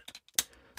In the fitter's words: will sit in the middle, locked into place.